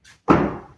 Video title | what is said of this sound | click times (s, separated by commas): செலவே இல்லாமல் Problem Solved - Datsun Redigo used car - Tamil | ஃுல்லா lock ஆயிடுச்சு. | 0.3 s